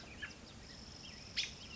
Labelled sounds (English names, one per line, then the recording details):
American Robin
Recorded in Sonoma County, California